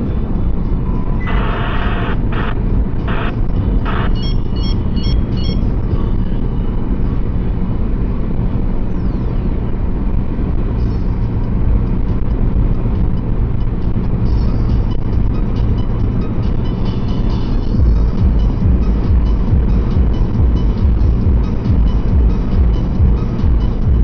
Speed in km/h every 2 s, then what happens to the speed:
117, 117, 117, 116, 116, 115, 115, 115, 114, 115, 115, 116.
0-24 steady at about 115.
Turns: none.